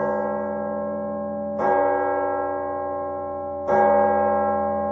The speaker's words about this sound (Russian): Оканчивая день, медленно ударил колокол на вышке дворцовой церкви. Колокол звонил к вечерне.